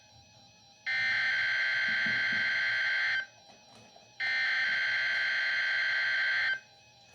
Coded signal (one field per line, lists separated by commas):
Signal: Emergency Alert System (SAME) tones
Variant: header bursts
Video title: First Alert On The Wr-100! (EAS#140-141)